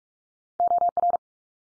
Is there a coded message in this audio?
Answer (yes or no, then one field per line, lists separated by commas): yes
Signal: Morse code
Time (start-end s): 0.6-1.2 s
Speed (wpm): 44 wpm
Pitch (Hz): 700 Hz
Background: none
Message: OR